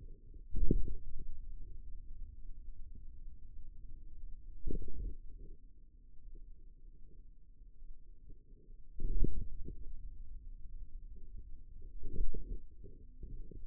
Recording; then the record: forearm muscle sounds (acoustic myography)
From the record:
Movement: radial deviation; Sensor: system 2, bracelet of six BSWA MPA416 microphones around the upper forearm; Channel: 3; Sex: male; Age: 22 years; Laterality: right